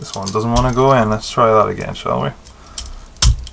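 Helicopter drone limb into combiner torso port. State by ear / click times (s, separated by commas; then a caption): seated / 3.2 s. A plastic helicopter drone figure from the Transformers Power Core Combiners Crankcase with Destrons set is pushed into the combiner torso port as its limb on a second attempt while someone talks. Small clicks and rattles lead up to a loud snap at 3.2 s, and the limb seats in the combiner.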